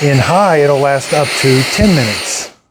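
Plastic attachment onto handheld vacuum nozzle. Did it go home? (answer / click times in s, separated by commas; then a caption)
no / none. A plastic attachment is handled at the nozzle of a Fanttik Slim V8 Mate cordless car vacuum, which runs with a steady high whine throughout while someone talks over it. Nothing has seated or clicked yet; the clip ends just before the attachment goes home.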